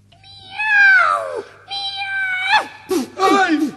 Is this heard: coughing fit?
no